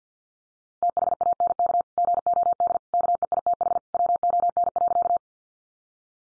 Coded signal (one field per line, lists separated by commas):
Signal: Morse code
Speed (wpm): 50 wpm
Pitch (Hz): 700 Hz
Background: none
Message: THANK GOD KEITH WON.